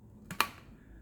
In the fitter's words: But it's quite cool because it's got a little clicky lock thing there, and I like this. Hey, look at that. Click.